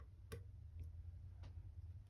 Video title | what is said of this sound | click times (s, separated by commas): 2020 Colt Python Disassembly (Part 1 of 2) | Hear it click. | 0.3 s